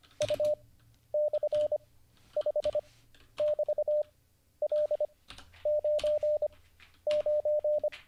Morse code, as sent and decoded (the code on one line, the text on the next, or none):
..- -..-. ..... -...- .-.. ----. ----.
U/5<BT>L99